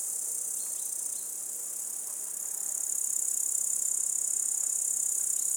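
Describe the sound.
Grasshopper call: an unbroken thin, high-pitched buzz with a faint pulsing texture, growing slightly louder toward the end.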